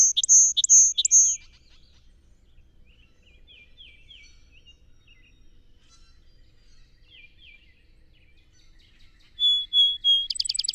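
Song sparrow: the end of one song with loud high whistles, a long quiet stretch with faint mid-pitched phrases, then the next song starting with three whistles and a fast trill.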